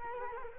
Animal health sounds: mosquito wingbeat signal from an infrared sensor; Culex quinquefasciatus

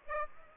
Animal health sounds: mosquito wingbeat signal from an infrared sensor; Aedes aegypti

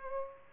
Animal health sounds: mosquito wingbeat signal from an infrared sensor; Aedes aegypti

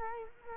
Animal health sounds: mosquito wingbeat signal from an infrared sensor; Culex quinquefasciatus

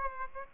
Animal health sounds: mosquito wingbeat signal from an infrared sensor; Aedes aegypti

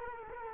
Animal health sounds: mosquito wingbeat signal from an infrared sensor; Culex quinquefasciatus

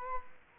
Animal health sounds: mosquito wingbeat signal from an infrared sensor; Culex quinquefasciatus

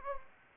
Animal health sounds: mosquito wingbeat signal from an infrared sensor; Anopheles gambiae

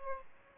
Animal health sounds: mosquito wingbeat signal from an infrared sensor; Aedes albopictus

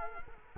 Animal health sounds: mosquito wingbeat signal from an infrared sensor; Culex quinquefasciatus

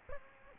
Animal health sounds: mosquito wingbeat signal from an infrared sensor; Aedes aegypti

